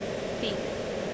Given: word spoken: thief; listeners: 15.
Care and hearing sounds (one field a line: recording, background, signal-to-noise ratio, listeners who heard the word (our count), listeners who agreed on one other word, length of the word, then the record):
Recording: one English word in noise, from a listening test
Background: speech-shaped noise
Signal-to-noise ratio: -6.7 dB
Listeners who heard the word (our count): 1 of 15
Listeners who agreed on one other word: 9 of 15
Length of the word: 0.74 s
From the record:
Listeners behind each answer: 9, 3, 1, 1, 1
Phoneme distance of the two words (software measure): 20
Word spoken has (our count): 1 syllable, 3 phonemes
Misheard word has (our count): 1 syllable, 3 phonemes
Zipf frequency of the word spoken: 3.91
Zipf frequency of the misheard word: 5.08